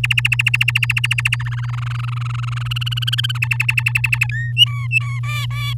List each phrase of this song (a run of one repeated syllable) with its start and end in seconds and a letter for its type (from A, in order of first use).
0.04-1.36 A, 1.40-2.68 B, 2.71-3.38 C, 3.42-4.27 D, 4.29-4.52 E, 4.57-5.19 F, 5.23-5.74 G